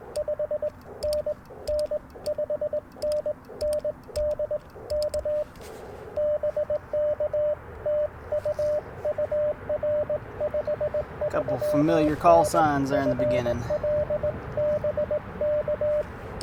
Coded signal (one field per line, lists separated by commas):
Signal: Morse code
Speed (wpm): 20 wpm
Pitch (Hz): 590 Hz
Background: speech, radio noise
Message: 5NN 5NN D K BK TU UR 53N FL BK